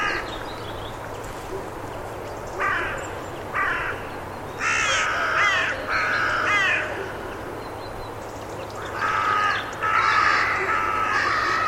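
Bird giving harsh, nasal cawing calls in short bursts, some in quick pairs, with a longer, rougher series near the end over a steady low hum.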